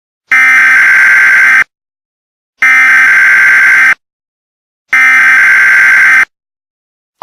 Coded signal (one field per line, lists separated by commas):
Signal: Emergency Alert System (SAME) tones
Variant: header bursts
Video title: EAS Scenario: Oklahoma Chaos and Maine Abduction